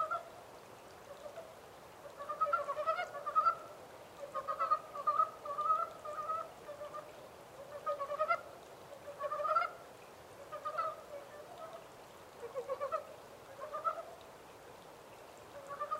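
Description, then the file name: Montane brown frog chorus: repeated bursts of low, chuckling pulsed croaks separated by short pauses, several frogs calling. 14 April 2010. "yamaakagaeru-20100414"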